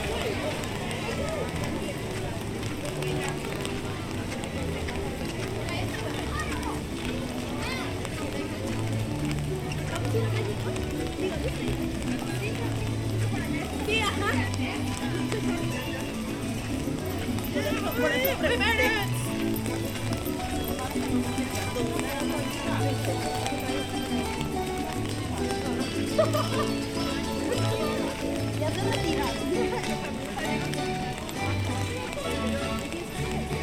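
A walk through Animal Kingdom park at Walt Disney World, filled with a steady murmur of crowd voices and overlapping chatter. Footsteps and light taps come and go, with a few brighter voices rising briefly around the middle and a sharp knock near the end.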